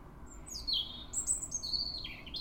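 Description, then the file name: European robin with a rapid string of high, sliding, whistled notes that swoop down and up throughout, faint low background hum. "Erithacus rubecula"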